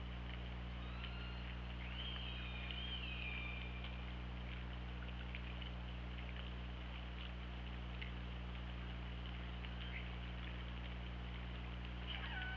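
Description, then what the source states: Orca call, one long squealing tone that rises then flattens, followed by quieter crackling clicks and a faint call at the end, over steady low hum. Recorded by OrcaLab hydrophone on 24 August 2017 around 08:02.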